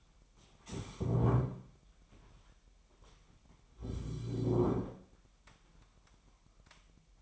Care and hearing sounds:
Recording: daily activity, microphone in the room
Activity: stand up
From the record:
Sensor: 1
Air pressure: 998.6 hPa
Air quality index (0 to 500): 118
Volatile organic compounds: 3 ppm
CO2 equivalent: 1406 ppm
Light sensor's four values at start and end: 8/18/7/9 and 7/18/7/9

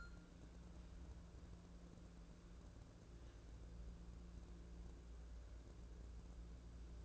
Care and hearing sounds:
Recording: daily activity, microphone in the room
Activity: wipe stove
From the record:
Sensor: 2

